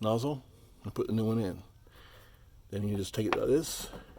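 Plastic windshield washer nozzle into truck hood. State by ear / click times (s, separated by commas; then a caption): not seated / none. A new plastic windshield washer nozzle with its hose attached is handled at its hole in the hood of a 2014 Chevrolet Silverado while someone talks. A brief hiss of handling noise comes near the end, and nothing has seated or clicked yet.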